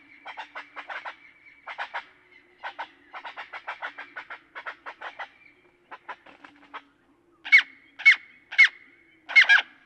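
Great-tailed grackle giving a long run of dry clicking clacks in uneven bursts, ending with several loud, sharp notes.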